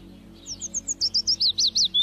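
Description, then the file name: Common chiffchaff song, a quick run of clipped, high notes that grow louder. "Canto do felosa comum"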